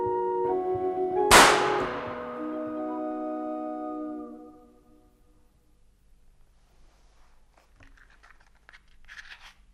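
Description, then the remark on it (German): In a crime radio drama, a single sharp, loud gunshot cracks over sustained barrel-organ notes playing a melody. The organ keeps droning for a few seconds after the shot, then stops, leaving only faint rustling. “Dieser Schuss, meine Damen und Herren, und die Melodie auf der Drehorgel, die Sie soeben hörten, waren der Schlüssel zu einem seltsamen Kriminalfall”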